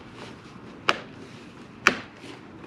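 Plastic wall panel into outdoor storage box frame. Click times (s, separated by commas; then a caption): 0.9 s, 1.9 s. The DW plastic wall panel pieces of a Keter Cubebox, a rainproof outdoor storage box for furniture cushions, are pressed onto the box frame. Two sharp clicks at 0.9 s and 1.9 s are the snap-fit joints engaging over a quiet background. The panel is seated and clicked into place.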